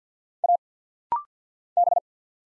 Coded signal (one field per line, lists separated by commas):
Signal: Morse code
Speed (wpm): 50 wpm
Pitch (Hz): 700 Hz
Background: none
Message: A B